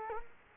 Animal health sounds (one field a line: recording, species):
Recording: mosquito wingbeat signal from an infrared sensor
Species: Culex quinquefasciatus